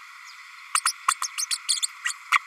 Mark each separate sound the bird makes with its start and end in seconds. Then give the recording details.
0.74-0.83, 0.85-0.92, 1.07-1.15, 1.23-1.28, 1.37-1.46, 1.50-1.57, 1.68-1.80, 2.04-2.14, 2.31-2.38. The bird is a female. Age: 32 days. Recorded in a nest box in Venezuela. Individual 17B32A5